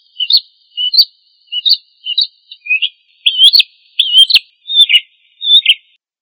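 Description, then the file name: Prinia song: bright, chirpy notes repeated in quick succession, some with quick rising and falling inflections, in a quiet background. "prenjak agroburung"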